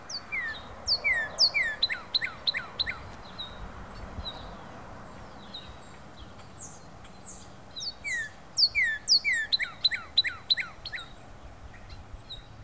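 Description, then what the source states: Northern cardinal whistling a quick series of falling slurred notes, quiet for several seconds with soft chirps, then a longer repeated phrase. Recorded in late February 2012.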